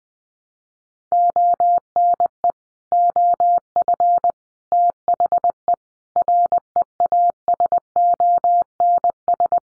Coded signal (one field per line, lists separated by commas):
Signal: Morse code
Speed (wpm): 20 wpm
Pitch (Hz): 700 Hz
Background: none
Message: ONE OF THE REASONS